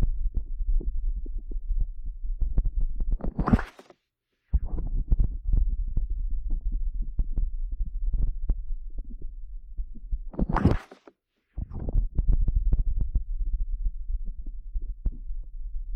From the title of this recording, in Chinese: 双手捂耳